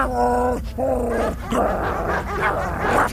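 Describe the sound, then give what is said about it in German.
A person imitates a dog barking, letting out a quick run of about five loud, voiced barks and yips, some sustained and some choppy and growly, with no other talk. “Und dann belle ich.”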